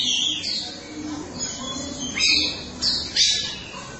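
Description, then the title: Oriental magpie-robin song of loud, scratchy squawks and high slurred whistles, given in quick bursts. Chirping song (kicauan) of the bird. "Suara Kicauan Burung Kacer Durasi Panjang"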